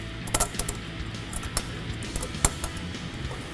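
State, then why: Seated. A locking ring is pushed onto the collar ring of an aluminum intercooler pipe coupling, collar slots facing down, on an MBRP cold-side 3-1/2" to 3" intercooler pipe kit for a 2011-2014 Ford F-150 3.5L EcoBoost. Sharp metallic clicks ring out over a steady background, with the ring snapping into place at 0.4 s and 2.5 s. The locking ring is seated.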